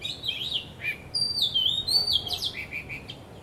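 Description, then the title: Bird song with varied whistled and chirping phrases, sliding notes and quick twittering, delivered continuously over faint background hiss. Recorded 15 December 2006 at Wu Kai Sha, Hong Kong, with condenser microphones in XY stereo; birds singing strongly. "香港 烏溪沙 雀鳥勁唱歌"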